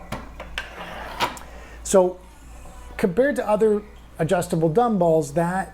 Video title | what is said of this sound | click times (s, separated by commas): Adjustable Dumbbell Review: NÜOBELL 220 | so right now i'm going from two kilograms to four one click | 0.6 s